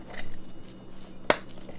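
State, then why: Seated. A final plastic cap is pressed onto an assembled rubber and plastic puppet toy over quiet background noise. It seats with one sharp, satisfying snap at 1.3 s, followed by two faint small ticks at about 1.5 s and 1.6 s. The cap is snapped into place.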